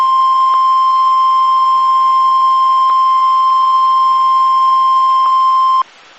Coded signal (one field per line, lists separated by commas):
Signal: Emergency Alert System (SAME) tones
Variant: 1050 Hz attention tone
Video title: 2022 Tsunami Communications Drill & Weekly Tests (EAS #1043-#1055)